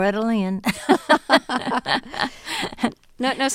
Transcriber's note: laughter